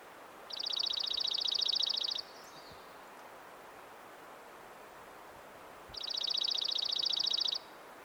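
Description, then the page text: Dark-eyed junco giving two fast, level, high trills of identical notes, each under two seconds, separated by nearly four seconds of quiet hiss. "Атлас птиц - Серый юнко. Junco hyemalis"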